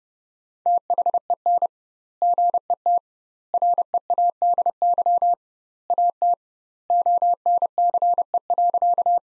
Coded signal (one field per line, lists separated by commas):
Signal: Morse code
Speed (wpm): 30 wpm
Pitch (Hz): 700 Hz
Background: none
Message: THEN GET READY AT ONCE.